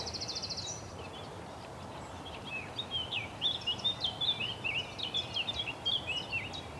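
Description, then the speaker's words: Blackcap song, a rich run of varied warbling notes that starts partway through, after a short buzzy burst. Two blackcaps singing by a scruffy bank of small oaks, hawthorns, hazels and a couple of conifers on a May morning in the Brecon Beacons. "The sweet notes of the blackcap."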